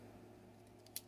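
A detached plastic front skirt armor piece is pushed back onto the waist of an MG Crossbone Gundam X-1 Full Cloth plastic model kit. Over a steady low hum, faint plastic ticks at 0.9 s and 1.1 s surround a sharp, bright snap at 1.0 s as the piece seats back in place.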